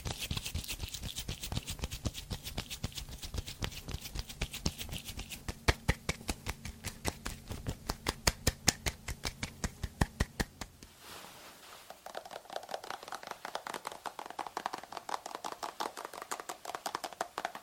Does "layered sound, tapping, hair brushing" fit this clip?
yes